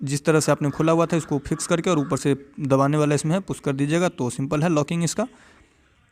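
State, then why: Not seated. A laptop display cable connector is handled at its motherboard socket on a Dell laptop, with its open locking flap about to be folded over and pushed down from above. Someone talks throughout, and the sound fades near the end. Nothing has seated or clicked yet.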